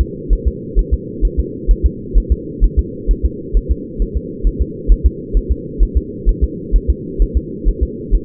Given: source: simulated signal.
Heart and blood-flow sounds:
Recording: fetal heart sounds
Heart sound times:
0.01 s: S2
0.33 s: S1
0.47 s: S2
0.79 s: S1
0.94 s: S2
1.25 s: S1
1.39 s: S2
1.71 s: S1
1.86 s: S2
2.17 s: S1
2.32 s: S2
2.64 s: S1
2.79 s: S2
3.11 s: S1
3.25 s: S2
3.57 s: S1
3.71 s: S2
4.02 s: S1
4.17 s: S2
4.47 s: S1
4.61 s: S2
4.92 s: S1
5.06 s: S2
5.37 s: S1
5.52 s: S2
5.83 s: S1
5.97 s: S2
6.29 s: S1
6.44 s: S2
6.76 s: S1
6.90 s: S2
7.22 s: S1
7.37 s: S2
7.68 s: S1
7.83 s: S2
8.15 s: S1
From the record:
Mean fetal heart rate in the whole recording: 130 bpm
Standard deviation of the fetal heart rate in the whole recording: 2 bpm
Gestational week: 36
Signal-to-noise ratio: -4.1 dB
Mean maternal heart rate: no maternal heart sound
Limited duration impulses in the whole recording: absent

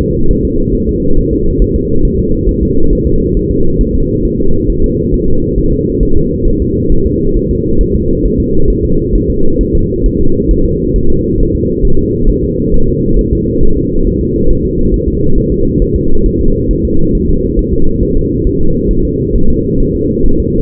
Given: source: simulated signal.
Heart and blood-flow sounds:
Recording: fetal heart sounds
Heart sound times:
0.01 s: S2
0.31 s: S1
0.45 s: S2
0.75 s: S1
0.89 s: S2
1.18 s: S1
1.33 s: S2
1.62 s: S1
1.76 s: S2
2.05 s: S1
2.19 s: S2
2.49 s: S1
2.63 s: S2
2.93 s: S1
3.07 s: S2
3.37 s: S1
3.51 s: S2
3.81 s: S1
3.95 s: S2
4.25 s: S1
4.40 s: S2
4.70 s: S1
4.84 s: S2
5.14 s: S1
5.28 s: S2
5.58 s: S1
5.73 s: S2
6.03 s: S1
6.17 s: S2
6.47 s: S1
6.62 s: S2
6.92 s: S1
7.06 s: S2
7.37 s: S1
7.51 s: S2
7.81 s: S1
7.95 s: S2
8.25 s: S1
8.40 s: S2
8.70 s: S1
8.85 s: S2
9.15 s: S1
9.30 s: S2
9.61 s: S1
9.75 s: S2
10.06 s: S1
10.20 s: S2
10.51 s: S1
10.66 s: S2
10.96 s: S1
11.10 s: S2
11.40 s: S1
11.55 s: S2
11.85 s: S1
11.99 s: S2
12.29 s: S1
12.44 s: S2
12.74 s: S1
12.88 s: S2
13.19 s: S1
13.33 s: S2
13.63 s: S1
13.77 s: S2
14.07 s: S1
14.21 s: S2
14.50 s: S1
14.65 s: S2
14.94 s: S1
15.08 s: S2
15.38 s: S1
15.52 s: S2
15.82 s: S1
15.96 s: S2
16.26 s: S1
16.41 s: S2
16.71 s: S1
16.85 s: S2
17.15 s: S1
17.29 s: S2
17.59 s: S1
17.73 s: S2
18.03 s: S1
18.17 s: S2
18.47 s: S1
18.61 s: S2
18.91 s: S1
19.05 s: S2
19.35 s: S1
19.50 s: S2
19.81 s: S1
19.95 s: S2
20.26 s: S1
20.40 s: S2
From the record:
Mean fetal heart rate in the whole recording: 135 bpm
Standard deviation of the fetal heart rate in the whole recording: 3 bpm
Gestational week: 36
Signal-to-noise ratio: -19.1 dB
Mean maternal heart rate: 72 bpm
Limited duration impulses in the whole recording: present

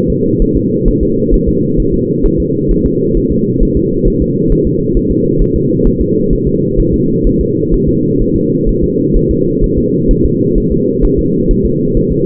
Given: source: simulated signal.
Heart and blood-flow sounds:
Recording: fetal heart sounds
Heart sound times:
0.10 s: S2
0.42 s: S1
0.57 s: S2
0.88 s: S1
1.03 s: S2
1.34 s: S1
1.48 s: S2
1.80 s: S1
1.94 s: S2
2.26 s: S1
2.40 s: S2
2.72 s: S1
2.86 s: S2
3.17 s: S1
3.32 s: S2
3.63 s: S1
3.77 s: S2
4.08 s: S1
4.22 s: S2
4.52 s: S1
4.67 s: S2
4.97 s: S1
5.11 s: S2
5.42 s: S1
5.56 s: S2
5.87 s: S1
6.02 s: S2
6.33 s: S1
6.48 s: S2
6.80 s: S1
6.94 s: S2
7.27 s: S1
7.41 s: S2
7.74 s: S1
7.89 s: S2
8.22 s: S1
8.36 s: S2
8.69 s: S1
8.84 s: S2
9.17 s: S1
9.31 s: S2
9.64 s: S1
9.78 s: S2
10.11 s: S1
10.26 s: S2
10.58 s: S1
10.72 s: S2
11.05 s: S1
11.19 s: S2
11.51 s: S1
11.66 s: S2
11.97 s: S1
12.12 s: S2
From the record:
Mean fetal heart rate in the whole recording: 130 bpm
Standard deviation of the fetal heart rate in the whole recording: 4 bpm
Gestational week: 38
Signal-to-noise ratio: -11.2 dB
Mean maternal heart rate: 72 bpm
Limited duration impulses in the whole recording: present

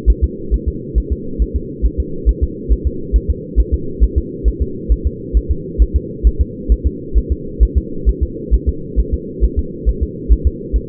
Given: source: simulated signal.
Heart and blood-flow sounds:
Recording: fetal heart sounds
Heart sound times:
0.10 s: S1
0.24 s: S2
0.54 s: S1
0.68 s: S2
0.98 s: S1
1.12 s: S2
1.42 s: S1
1.56 s: S2
1.86 s: S1
2.00 s: S2
2.29 s: S1
2.43 s: S2
2.72 s: S1
2.87 s: S2
3.16 s: S1
3.30 s: S2
3.60 s: S1
3.74 s: S2
4.04 s: S1
4.18 s: S2
4.48 s: S1
4.62 s: S2
4.92 s: S1
5.07 s: S2
5.37 s: S1
5.51 s: S2
5.82 s: S1
5.96 s: S2
6.27 s: S1
6.41 s: S2
6.72 s: S1
6.87 s: S2
7.18 s: S1
7.32 s: S2
7.63 s: S1
7.78 s: S2
8.09 s: S1
8.23 s: S2
8.54 s: S1
8.69 s: S2
9.00 s: S1
9.14 s: S2
9.44 s: S1
9.59 s: S2
9.89 s: S1
10.03 s: S2
10.33 s: S1
10.47 s: S2
10.76 s: S1
From the record:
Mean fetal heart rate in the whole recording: 135 bpm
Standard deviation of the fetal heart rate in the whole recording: 3 bpm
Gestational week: 34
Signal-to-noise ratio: -4.3 dB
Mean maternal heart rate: 72 bpm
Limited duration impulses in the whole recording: absent

